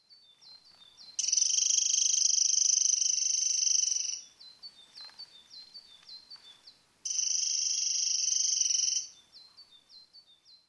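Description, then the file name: Eurasian wren singing two long, loud, rapid high trills of about three and two seconds, separated by series of short sharp ticking notes. "misosazai"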